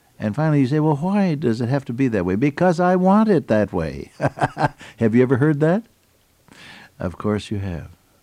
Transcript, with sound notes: and finally you say, “Well why does it have to be that way? ” Because I want it that way! (laughs) Have you ever heard that? Of course you have.